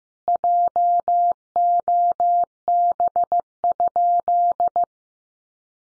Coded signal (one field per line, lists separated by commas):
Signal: Morse code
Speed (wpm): 15 wpm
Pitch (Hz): 700 Hz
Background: none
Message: JOB?